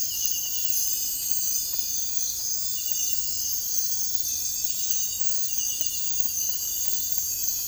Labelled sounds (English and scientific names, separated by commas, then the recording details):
none
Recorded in dense forest near Puerto Asís, Putumayo, Colombia, on 21 February 2024 at 05:30
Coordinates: 0.484, -76.317
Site G6464